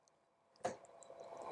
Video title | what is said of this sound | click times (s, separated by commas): Intro to Underwater Photography Part 2 By Karen Bagley | i don't know if you could hear the click but it was right there once it clicks you should be able to test | 0.7 s